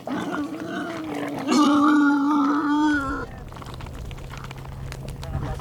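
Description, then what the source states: Pig giving a drawn-out, even-pitched moaning squeal of about three seconds, followed by a low steady hum and light background noise. Pigs wallowing, several animals, Liguria, Italy, dated 12-10-07.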